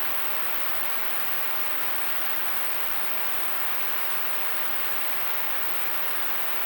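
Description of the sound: A steady, unbroken hiss fills the whole clip, strongest in the upper-middle and high pitches with almost no low rumble, like radio static or rushing air. This is a simulation of noise-type tinnitus, the constant hissing sound some people hear in their ears.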